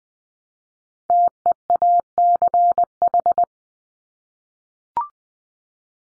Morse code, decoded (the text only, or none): TEACH